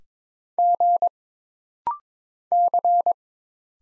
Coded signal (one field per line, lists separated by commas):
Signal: Morse code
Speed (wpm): 22 wpm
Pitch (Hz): 700 Hz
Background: none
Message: G C